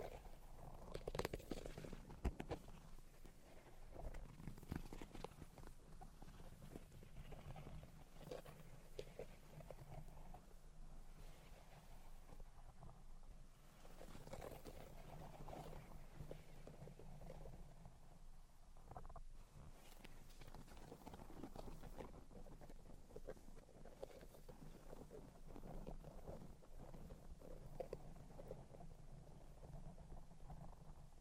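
Tapping, scratching and tracing sounds run through the whole half minute, a dense, uneven patter of small hits and rubbing strokes. Sharper taps cluster near the start and around fifteen and twenty seconds, over a steady low hum underneath.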